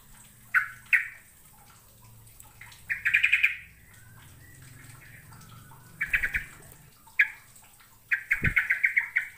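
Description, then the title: Bird chirping in short bursts of bright notes, some quick rattling series, with quiet pauses between and faint low hum beneath. "Kicau Burung"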